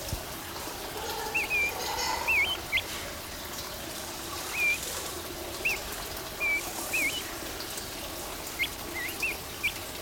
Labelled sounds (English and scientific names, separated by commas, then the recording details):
Crested Partridge (Rollulus rouloul) call
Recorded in captivity
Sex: pair
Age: adult
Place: Zoo Berlin, Berlin, DE
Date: 1997-01-26 16:29
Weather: heiter, 3°C
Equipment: Nagra SN, Kopie Uher 4000 Report Monitor
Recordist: Tembrock, Günter
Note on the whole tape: Paar: Laute auf Beobachter bezogen, CF-Laut wohl vom Weibchen